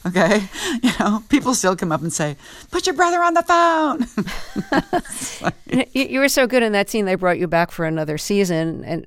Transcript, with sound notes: you know? People still come up and say, put your brother on the phone.
(LAUGHTER)
You were so good in that scene, they brought you back for another season,